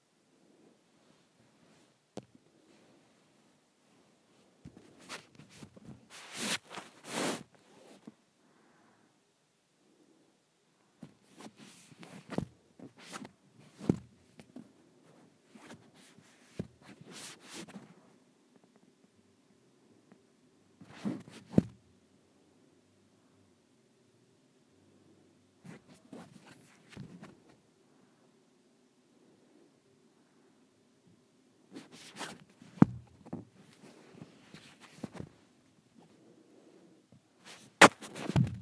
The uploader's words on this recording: ASMR Swishing around the Microphone.